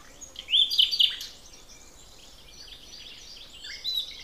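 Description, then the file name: Common nightingale giving one loud, rich phrase of whistled notes about half a second in, then quieter twittering. "Luscinia megarhynchos"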